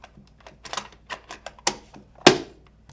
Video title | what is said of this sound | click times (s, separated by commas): Repair and Maintenance: NUVO jHorn | to reattach the cover simply slide it on till you hear a click | 1.7 s, 2.3 s